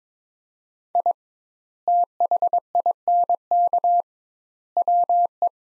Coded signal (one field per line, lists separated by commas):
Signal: Morse code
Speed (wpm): 22 wpm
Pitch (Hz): 700 Hz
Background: none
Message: I THINK WE